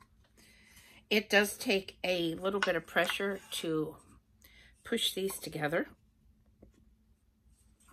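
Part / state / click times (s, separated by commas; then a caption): plastic kit piece into its mating plastic piece / not seated / none. Plastic pieces of a children's butterfly garden kit are pressed together by hand, each piece into its mating plastic piece, while someone talks about needing a little pressure to push them together. Only the talking and faint handling noise are heard, and nothing has seated or clicked yet.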